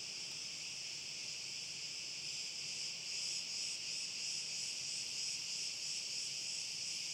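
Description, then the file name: Cricket chorus, a dense, steady high-pitched trill with a faint rhythmic pulse, holding level throughout with a soft low rumble beneath. Crickets, recorded with wind. "Grillen Frei Spiel Tief Hoch Ober Rau Ton Wind"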